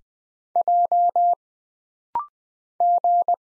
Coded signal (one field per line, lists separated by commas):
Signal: Morse code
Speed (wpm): 20 wpm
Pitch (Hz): 700 Hz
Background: none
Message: J G